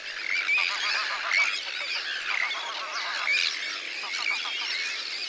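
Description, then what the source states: Terns calling in a dense colony chorus, many harsh, grating screeches and rasping notes overlapping continuously with no pause. Colony of Arctic and common terns, possibly with a sandwich tern, recorded one evening in Wexford; described as a 'wall of sound' or cacophony.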